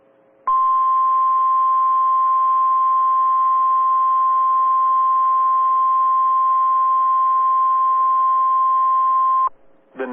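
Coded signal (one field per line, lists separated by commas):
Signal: Emergency Alert System (SAME) tones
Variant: 1050 Hz attention tone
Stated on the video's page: Severe Thunderstorm Warning SAME tones broadcast on NOAA Weather Radio transmitter WXL57, Des Moines.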